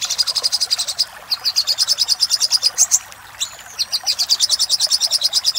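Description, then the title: Little spiderhunter: rapid high chattering notes in runs, broken by a brief thin whistled slur. Master recording used for training cage birds, labelled 'Labaik'. "Masteran Burung Sogok Ontong Labaik"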